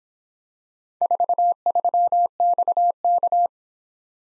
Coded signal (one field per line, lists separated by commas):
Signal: Morse code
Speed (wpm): 26 wpm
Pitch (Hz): 700 Hz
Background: none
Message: 43XK